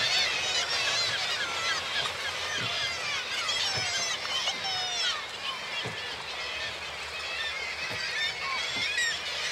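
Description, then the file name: Gulls giving rapid overlapping yelps and looping wavering wails, very busy chorus, with soft intermittent knocks of lapping water. Large group of gulls at a marina, with water lapping. "birds seagulls large group marina water lapping"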